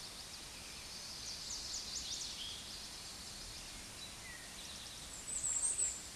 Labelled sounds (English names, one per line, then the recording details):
Chestnut-sided Warbler song
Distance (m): 50 m
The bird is about level with the microphone
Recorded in a Pennsylvania forest on 16 May 2024 at 07:02
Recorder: AudioMoth, point MSD-2234
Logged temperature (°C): 16.4 °C
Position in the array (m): 12 m, 25 m